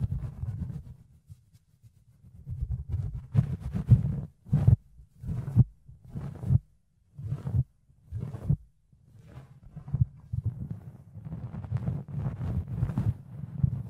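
Fluffy ear cleaning with soft, muffled rubbing and brushing close against the microphone, a low thumping texture throughout. Bursts of brighter scratching rise in short strokes, spaced about a second apart in the middle, then settling into denser continuous rustling toward the end.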